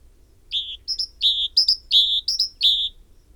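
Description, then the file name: Great tit singing evenly paced phrases, short high notes and a longer lower one, repeated a few times. "Parus major"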